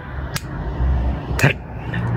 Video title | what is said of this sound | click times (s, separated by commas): best mic for youtube videos in 2024 🤓 -- wireless microphone 🔥 -- Hollyland Lark M2 Unboxing | டக் டக் சவுண்டா டக் டக் டக் டக் இதை வந்து magnet பண்ணிட்டு இதை ஒரு கிளிப் டைப்பும் இது வந்து கிளிக் | 0.4 s, 1.9 s